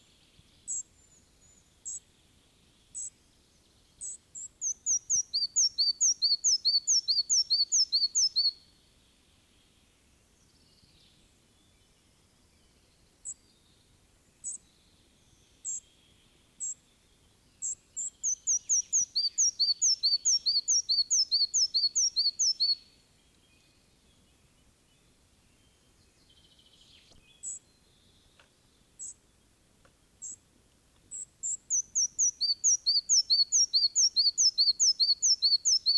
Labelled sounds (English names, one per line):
Red-breasted Flycatcher song